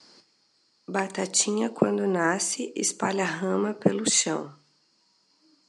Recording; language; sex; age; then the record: short text; Brazilian Portuguese; female; 40 to 49 years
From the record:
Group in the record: control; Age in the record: 40 years